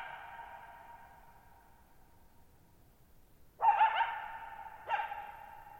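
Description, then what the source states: Coyote call fading out in a long echoing tail, followed after a pause by a wavering yelp and a short sharp bark. Lone coyote, wild, calling at night on July 14, 2019, Thirtymile Meadows, Okanogan National Forest, Okanogan High Country at 1950 m; dry plateau, bowl-shaped meadow, boggy ground, long natural reverberation.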